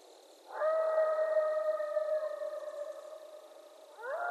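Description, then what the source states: Coyote howl: one long, steady, flat tone with clear overtones holding for about three and a half seconds, then a new rising note at the end. Coyotes on 20 January 2012.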